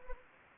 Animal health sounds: mosquito wingbeat signal from an infrared sensor; Anopheles gambiae

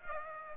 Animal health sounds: mosquito wingbeat signal from an infrared sensor; Aedes aegypti

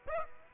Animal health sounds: mosquito wingbeat signal from an infrared sensor; Aedes aegypti

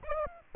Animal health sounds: mosquito wingbeat signal from an infrared sensor; Aedes aegypti

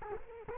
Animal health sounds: mosquito wingbeat signal from an infrared sensor; Culex quinquefasciatus

